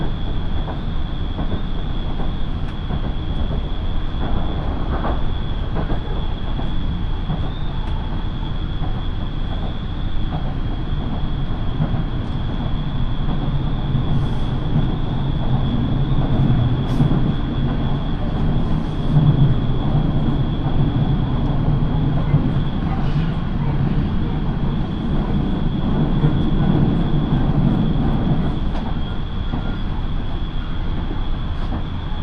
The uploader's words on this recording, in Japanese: 身延線 富士→芝川。身延線を各駅停車で乗り通します。